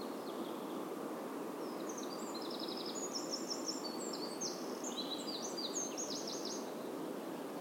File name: Troglodytes troglodytes